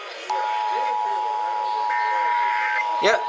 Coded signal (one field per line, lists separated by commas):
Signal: Emergency Alert System (SAME) tones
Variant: 853 and 960 Hz attention tone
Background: speech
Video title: NH Monthly Test Captures 1/17/24 (EAS #1856 - 1868)